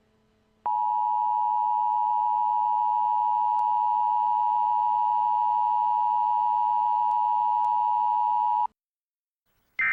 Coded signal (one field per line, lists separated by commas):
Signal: Emergency Alert System (SAME) tones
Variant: 853 and 960 Hz attention tone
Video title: EAS Scenario: Team Flare's Attack on Kalos